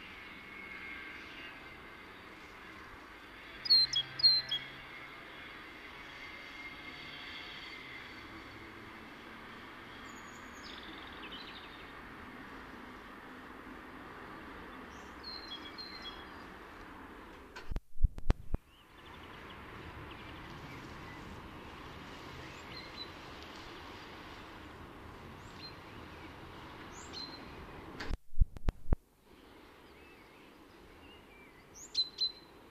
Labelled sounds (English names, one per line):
Great Tit call